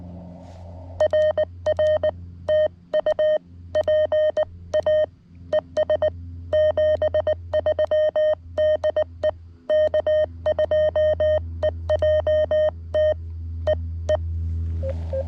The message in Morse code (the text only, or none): RR TU PA ES 73 DE K2EJT EE